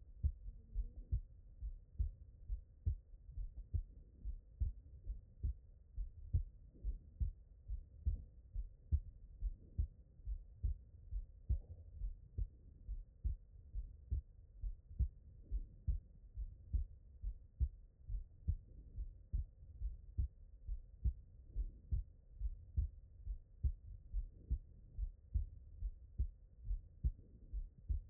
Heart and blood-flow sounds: heart sounds by stethoscope; pulmonary valve (PV)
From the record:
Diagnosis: non-HFrEF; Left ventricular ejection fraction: 69%

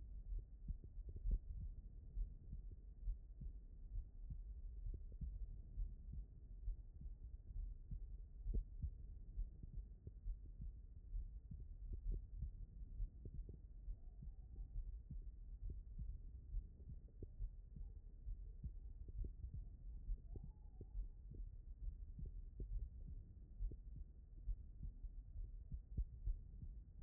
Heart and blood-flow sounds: heart sounds by stethoscope; aortic valve (AV)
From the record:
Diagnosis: non-HFrEF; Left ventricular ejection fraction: 64%

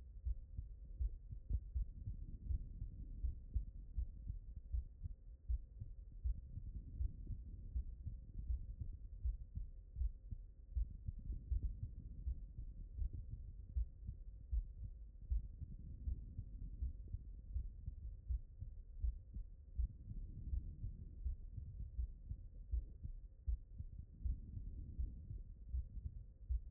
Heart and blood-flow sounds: heart sounds by stethoscope; pulmonary valve (PV)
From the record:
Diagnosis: non-HFrEF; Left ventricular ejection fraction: 65%

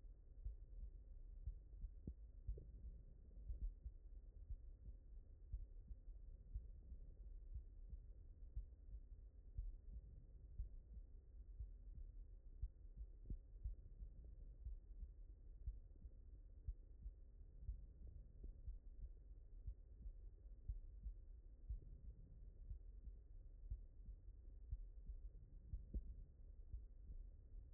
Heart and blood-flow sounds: heart sounds by stethoscope; mitral valve (MV)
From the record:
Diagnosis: non-HFrEF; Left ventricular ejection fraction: 67%

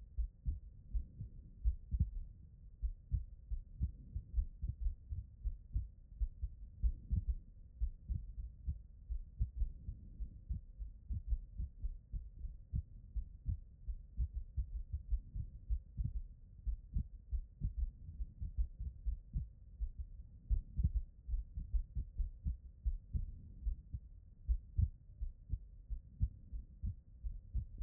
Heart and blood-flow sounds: heart sounds by stethoscope; pulmonary valve (PV)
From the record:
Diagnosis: HFrEF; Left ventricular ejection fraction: 38%

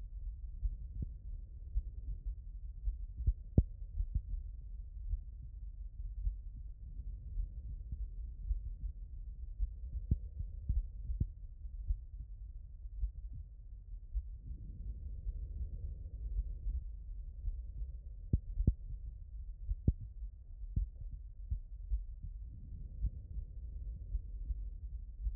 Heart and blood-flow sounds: heart sounds by stethoscope; aortic valve (AV)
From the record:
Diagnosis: non-HFrEF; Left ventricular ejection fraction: 70%

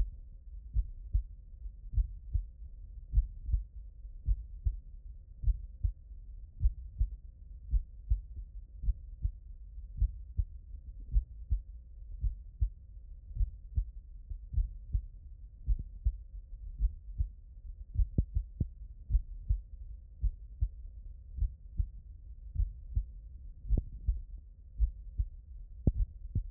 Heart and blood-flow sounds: heart sounds by stethoscope; mitral valve (MV)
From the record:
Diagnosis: non-HFrEF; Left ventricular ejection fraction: 69%

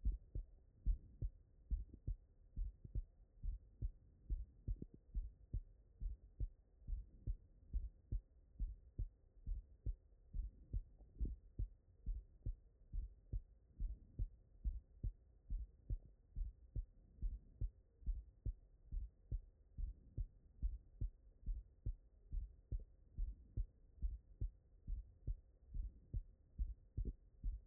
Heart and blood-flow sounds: heart sounds by stethoscope; mitral valve (MV)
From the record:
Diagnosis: non-HFrEF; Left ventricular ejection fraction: 57%

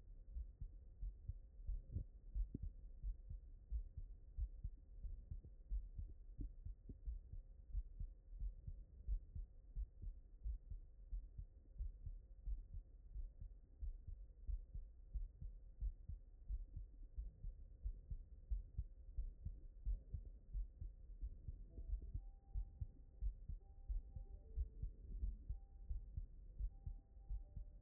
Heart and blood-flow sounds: heart sounds by stethoscope; mitral valve (MV)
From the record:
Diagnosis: non-HFrEF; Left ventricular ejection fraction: 62%

